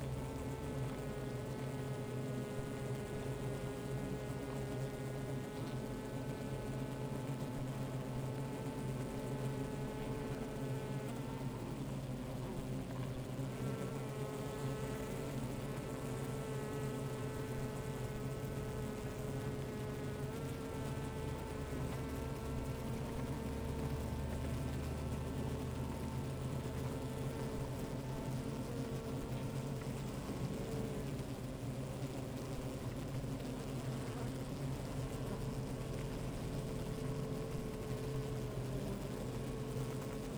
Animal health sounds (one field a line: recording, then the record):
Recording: honeybee colony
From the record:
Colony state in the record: active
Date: 28 July 2017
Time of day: 13:35